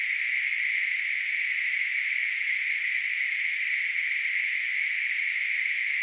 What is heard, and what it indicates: Tinnitus.